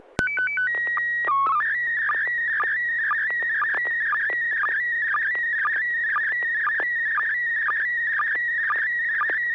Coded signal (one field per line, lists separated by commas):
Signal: SSTV (slow-scan television)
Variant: PD 120